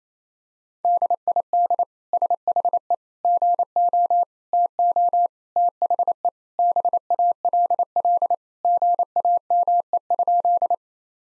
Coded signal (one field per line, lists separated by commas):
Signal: Morse code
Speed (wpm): 27 wpm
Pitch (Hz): 700 Hz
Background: none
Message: DID SHE GO TO THE BALL GAME?